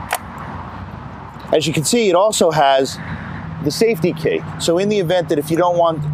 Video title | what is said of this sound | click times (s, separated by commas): Best Lawn Mower for Steep Hills: Self-Propelled, Riding & Push Mower | up the door and then slide it right into place you'll hear it click as | 0.1 s